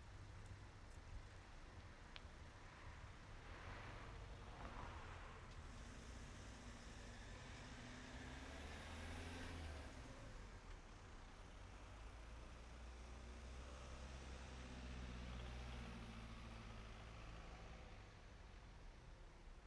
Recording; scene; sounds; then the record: everyday scene through a hearing-aid microphone; in traffic; traffic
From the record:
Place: main road on the outskirts, rush hour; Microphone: behind the ear, right, front